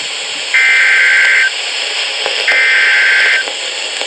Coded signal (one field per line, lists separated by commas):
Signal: Emergency Alert System (SAME) tones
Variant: header bursts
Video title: NOAA Radio (EAS # 631-649) Alerts From 3/9/19